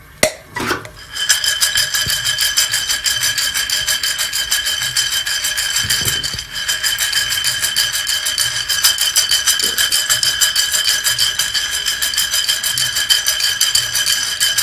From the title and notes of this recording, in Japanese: 今朝は”モカブレンド”を焙煎。